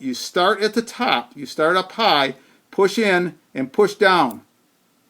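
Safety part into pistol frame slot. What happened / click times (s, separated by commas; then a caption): Part handled, not yet seated: no click heard / none. A metal safety part is being hooked into the slot at the back of a Ruger LC9 pistol frame, to be pushed in and slid down. Someone talks throughout, with short pauses and no distinct clicks. Nothing has seated or clicked yet.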